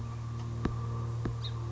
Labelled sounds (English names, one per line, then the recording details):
Song Sparrow
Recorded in Sonoma County, California